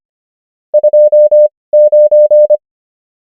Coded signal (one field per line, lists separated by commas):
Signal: Morse code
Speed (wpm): 25 wpm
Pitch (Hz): 600 Hz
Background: none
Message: 29